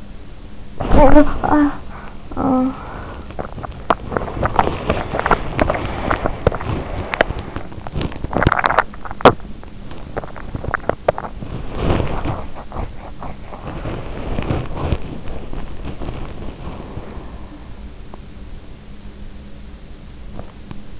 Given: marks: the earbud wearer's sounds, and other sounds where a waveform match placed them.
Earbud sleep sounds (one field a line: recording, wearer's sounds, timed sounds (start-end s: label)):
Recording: sounds in sleep by an in-ear microphone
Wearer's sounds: talking in sleep, body movement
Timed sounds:
0.61-2.97 s: talking in sleep
2.97-21.00 s: body movement